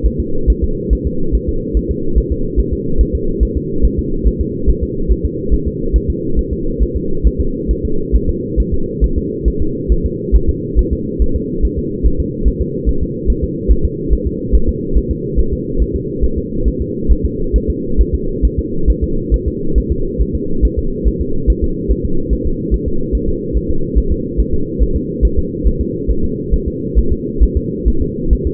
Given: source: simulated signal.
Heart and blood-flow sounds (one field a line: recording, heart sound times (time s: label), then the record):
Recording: fetal heart sounds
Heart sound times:
0.06 s: S1
0.20 s: S2
0.50 s: S1
0.64 s: S2
0.93 s: S1
1.07 s: S2
1.35 s: S1
1.49 s: S2
1.77 s: S1
1.91 s: S2
2.18 s: S1
2.32 s: S2
2.60 s: S1
2.73 s: S2
3.01 s: S1
3.15 s: S2
3.43 s: S1
3.57 s: S2
3.85 s: S1
3.99 s: S2
4.28 s: S1
4.41 s: S2
4.70 s: S1
4.84 s: S2
5.12 s: S1
5.25 s: S2
5.54 s: S1
5.67 s: S2
5.96 s: S1
6.10 s: S2
6.39 s: S1
6.53 s: S2
6.83 s: S1
6.97 s: S2
7.27 s: S1
7.41 s: S2
7.71 s: S1
7.85 s: S2
8.16 s: S1
8.29 s: S2
8.60 s: S1
8.74 s: S2
9.04 s: S1
9.18 s: S2
9.48 s: S1
9.62 s: S2
9.92 s: S1
10.06 s: S2
10.36 s: S1
10.50 s: S2
10.79 s: S1
10.93 s: S2
11.22 s: S1
11.36 s: S2
11.65 s: S1
11.79 s: S2
12.06 s: S1
12.20 s: S2
12.48 s: S1
12.62 s: S2
12.89 s: S1
13.03 s: S2
13.30 s: S1
13.44 s: S2
13.72 s: S1
13.85 s: S2
14.13 s: S1
14.27 s: S2
14.55 s: S1
14.69 s: S2
14.97 s: S1
15.11 s: S2
15.39 s: S1
15.53 s: S2
15.82 s: S1
15.96 s: S2
16.24 s: S1
16.38 s: S2
16.68 s: S1
16.81 s: S2
17.12 s: S1
17.25 s: S2
17.56 s: S1
17.70 s: S2
18.01 s: S1
18.14 s: S2
18.45 s: S1
18.59 s: S2
18.90 s: S1
19.04 s: S2
19.34 s: S1
19.48 s: S2
19.78 s: S1
19.92 s: S2
20.22 s: S1
20.35 s: S2
20.65 s: S1
20.79 s: S2
21.08 s: S1
21.22 s: S2
21.50 s: S1
21.64 s: S2
21.92 s: S1
22.05 s: S2
22.33 s: S1
22.47 s: S2
22.74 s: S1
22.88 s: S2
23.15 s: S1
23.29 s: S2
23.57 s: S1
23.70 s: S2
23.98 s: S1
24.12 s: S2
24.40 s: S1
24.54 s: S2
24.83 s: S1
24.96 s: S2
25.25 s: S1
25.39 s: S2
25.67 s: S1
25.81 s: S2
26.11 s: S1
26.24 s: S2
26.54 s: S1
26.68 s: S2
26.99 s: S1
27.12 s: S2
27.43 s: S1
27.57 s: S2
27.88 s: S1
28.02 s: S2
28.33 s: S1
28.47 s: S2
From the record:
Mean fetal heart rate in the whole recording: 140 bpm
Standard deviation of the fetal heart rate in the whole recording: 2 bpm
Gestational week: 34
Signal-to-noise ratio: -8.1 dB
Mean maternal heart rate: 72 bpm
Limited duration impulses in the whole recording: absent